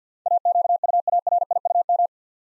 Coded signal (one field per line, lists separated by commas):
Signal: Morse code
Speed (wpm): 52 wpm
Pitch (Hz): 700 Hz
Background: none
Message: AQUARIUM